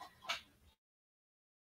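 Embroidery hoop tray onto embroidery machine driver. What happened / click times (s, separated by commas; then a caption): The hoop frame snapped onto its mount / 0.3 s. An embroidery hoop frame, the "tray," is slid onto the driver of a Brother embroidery machine and snaps into place with a single quick, bright click at 0.3 s. Faint low rumble follows until about 0.75 s, then silence. The hoop tray is seated.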